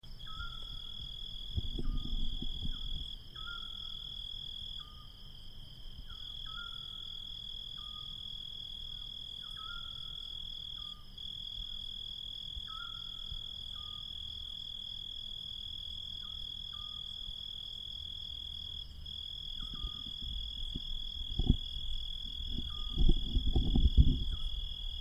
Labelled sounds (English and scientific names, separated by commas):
Eurasian Scops Owl (Otus scops)